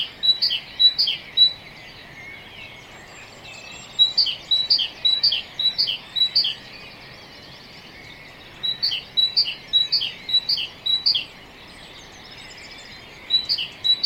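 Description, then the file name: Great tit song in several bouts of bright two-note phrases, high note then lower note, the bouts separated by short stretches of quiet hiss. "Parus major"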